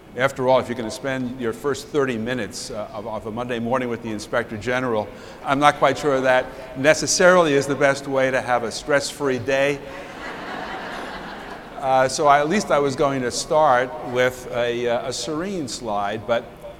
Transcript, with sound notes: After all, if you're going to spend your first 30 minutes of a Monday morning with the Inspector General I'm not quite sure that necessarily is the best way to have a stress for a day. [laughter] So at least I was going to start with a serene slide but